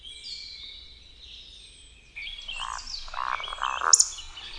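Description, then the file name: Eurasian woodcock roding calls: low, croaking grunts in a short series, then a sharp, high squeak, with other birdsong around. "slonka"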